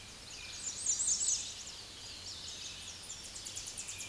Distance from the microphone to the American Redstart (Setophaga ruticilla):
about 10 m